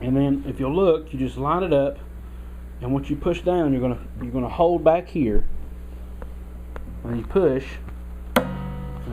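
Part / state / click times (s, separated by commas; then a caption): capo bar latch closing on its arm on a guitar neck / seated / 8.4 s. A person talks while lining up a Paige Clik capo on a guitar neck and pushing it down so the capo bar latch closes on its arm. The latch locks into place with a loud click at 8.4 seconds, followed by some ringing string noise.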